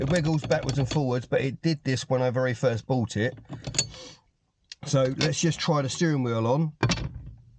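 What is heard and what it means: Someone talks while handling a D1 Spec steering wheel quick-release hub, preparing to push the steering wheel one-handed onto the car's steering column boss. A brief sharp tick is heard at about 4.7 s during a pause in the talking. Nothing has seated or clicked yet.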